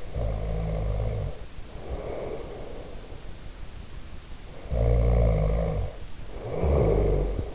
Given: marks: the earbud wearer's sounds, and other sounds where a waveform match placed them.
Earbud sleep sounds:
sounds in sleep by an in-ear microphone; snoring breath
0.00-3.25 s: snoring breath
4.37-7.48 s: snoring breath

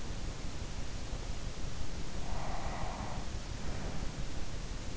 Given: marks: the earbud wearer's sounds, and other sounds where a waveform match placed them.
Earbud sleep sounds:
sounds in sleep by an in-ear microphone; breath
2.28-4.51 s: breath

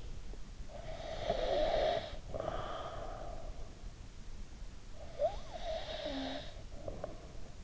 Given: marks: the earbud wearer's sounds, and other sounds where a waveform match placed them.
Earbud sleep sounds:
sounds in sleep by an in-ear microphone; snoring breath
0.43-4.04 s: snoring breath
4.90-7.64 s: snoring breath

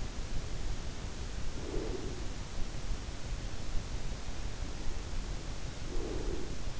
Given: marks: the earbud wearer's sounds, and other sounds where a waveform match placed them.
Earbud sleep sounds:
sounds in sleep by an in-ear microphone; breath
1.47-2.31 s: breath
5.90-6.80 s: breath

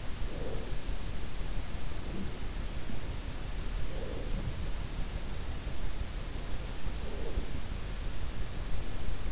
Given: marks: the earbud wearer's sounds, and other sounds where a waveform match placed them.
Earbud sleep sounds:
sounds in sleep by an in-ear microphone; breath
0.00-1.03 s: breath
3.55-4.63 s: breath
6.53-7.78 s: breath

